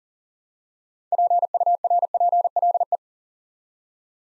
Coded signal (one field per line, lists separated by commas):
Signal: Morse code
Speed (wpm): 40 wpm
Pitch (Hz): 700 Hz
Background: none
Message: PURPLE